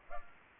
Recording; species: mosquito wingbeat signal from an infrared sensor; Culex pipiens